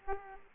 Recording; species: mosquito wingbeat signal from an infrared sensor; Aedes aegypti